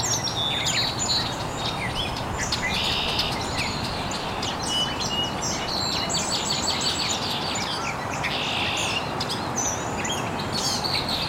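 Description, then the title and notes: Birds chirping, many high twitters and trills over a steady broad hiss of background noise. Birds chirping very early in the morning in an estuary. "Birds Chirping in the Early Morning. Original sounds of birds chirping very early in the morning in an estuary"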